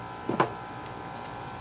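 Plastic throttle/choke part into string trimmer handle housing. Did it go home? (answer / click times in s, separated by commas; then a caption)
no / none. A plastic throttle or choke part is handled against the handle housing of a Husqvarna 128LD string trimmer during reassembly. Two short plastic knocks land close together near 0.3 and 0.4 seconds over a faint steady hum, then it goes quiet. Nothing has seated or clicked into place yet.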